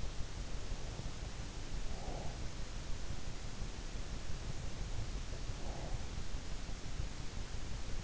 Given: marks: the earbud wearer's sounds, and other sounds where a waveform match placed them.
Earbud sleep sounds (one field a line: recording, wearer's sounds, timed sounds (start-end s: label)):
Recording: sounds in sleep by an in-ear microphone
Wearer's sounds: breath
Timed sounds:
1.59-2.57 s: breath
5.26-6.24 s: breath